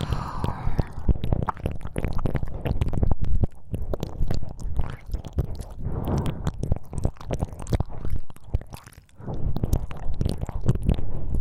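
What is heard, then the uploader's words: Wet ear licking fills the whole stretch with dense, squelchy mouth sounds and quick smacks, coming in an irregular but constant flurry. A soft, muffled low rumble runs underneath, and the sounds briefly thin out and quieten around the nine-second mark before resuming. ASMR×KU100 | 舔耳 | 耳舐め | Ear Licking | NO Talking.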